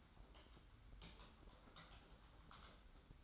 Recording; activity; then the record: daily activity, microphone in the room; typing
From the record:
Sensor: 3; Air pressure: 991.7 hPa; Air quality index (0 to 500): 187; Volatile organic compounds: 1000 ppm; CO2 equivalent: 6277 ppm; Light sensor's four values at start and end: 33/95/39/33 and 33/95/39/33